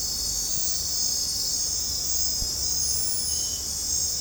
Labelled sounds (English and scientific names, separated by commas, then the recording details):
none
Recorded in dense forest near Puerto Asís, Putumayo, Colombia, on 20 December 2024 at 21:00
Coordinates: 0.466, -76.327
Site G075